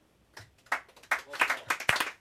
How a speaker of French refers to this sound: Alors, on va procéder maintenant aux applaudissements dans le public. Alors, pour notre première concurrente